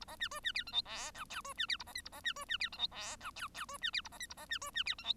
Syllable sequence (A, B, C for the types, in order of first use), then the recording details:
A B C D C E F G H I J D C E A B K A B C D C E F G H I J J D C E A B K A B C D C E F G. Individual Bird1